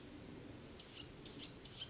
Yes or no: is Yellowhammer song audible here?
no